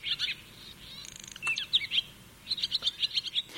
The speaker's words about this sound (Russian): Вот послушайте, как поет деревенская ласточка. У нее очень характерный голос.